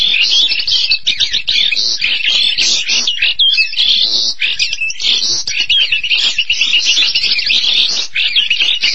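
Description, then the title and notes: Starling song made of varied rasping chatter, squeaks and whistled twists, delivered in a dense stream with occasional short pauses. "suara burung jalak"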